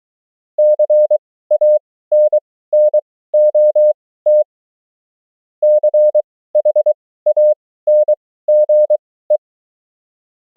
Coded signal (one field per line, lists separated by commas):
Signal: Morse code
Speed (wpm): 23 wpm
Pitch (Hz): 600 Hz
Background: none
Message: CANNOT CHANGE